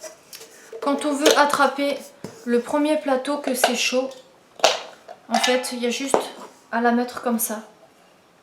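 Someone talks while handling the detachable handle over the hot cooking tray of a SEB Actifry 2-in-1 air fryer, with short metallic clatters around 4.7 and 5.1 seconds. The handle is positioned for fitting onto the tray, but nothing has clipped or seated yet.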